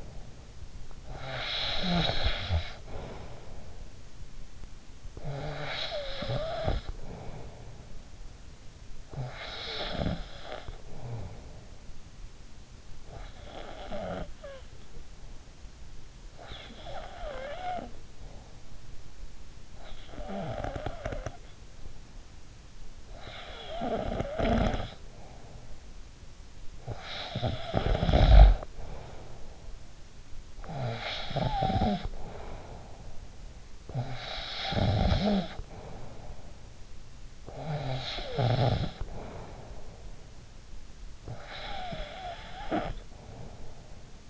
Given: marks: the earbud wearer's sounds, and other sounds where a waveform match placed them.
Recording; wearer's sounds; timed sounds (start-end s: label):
sounds in sleep by an in-ear microphone; snoring breath, breath
0.00-12.76 s: snoring breath
12.76-16.33 s: breath
16.33-44.30 s: snoring breath